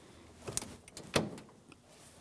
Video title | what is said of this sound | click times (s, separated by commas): How to Replace Engine Oil Cooler Hose Assembly 2007-2014 GMC Sierra 2500 HD 6.0L V8 | We have our audible click. | 0.6 s, 1.2 s